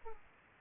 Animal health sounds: mosquito wingbeat signal from an infrared sensor; Aedes aegypti

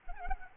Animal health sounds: mosquito wingbeat signal from an infrared sensor; Anopheles arabiensis

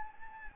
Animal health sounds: mosquito wingbeat signal from an infrared sensor; Anopheles gambiae

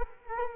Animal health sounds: mosquito wingbeat signal from an infrared sensor; Culex quinquefasciatus

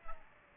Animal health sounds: mosquito wingbeat signal from an infrared sensor; Aedes aegypti

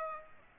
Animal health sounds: mosquito wingbeat signal from an infrared sensor; Aedes aegypti

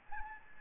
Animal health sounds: mosquito wingbeat signal from an infrared sensor; Aedes albopictus

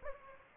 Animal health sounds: mosquito wingbeat signal from an infrared sensor; Anopheles gambiae

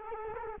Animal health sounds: mosquito wingbeat signal from an infrared sensor; Culex quinquefasciatus

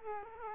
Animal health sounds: mosquito wingbeat signal from an infrared sensor; Aedes aegypti

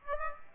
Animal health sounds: mosquito wingbeat signal from an infrared sensor; Aedes aegypti

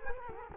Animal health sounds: mosquito wingbeat signal from an infrared sensor; Culex quinquefasciatus

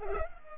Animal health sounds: mosquito wingbeat signal from an infrared sensor; Culex pipiens

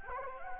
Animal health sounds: mosquito wingbeat signal from an infrared sensor; Anopheles gambiae

